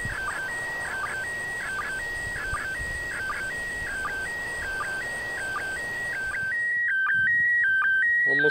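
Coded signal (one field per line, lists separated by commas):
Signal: SSTV (slow-scan television)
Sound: steady warbling tone alternating two pitches with short regular low blips, looping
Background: radio static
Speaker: finished with the transmission.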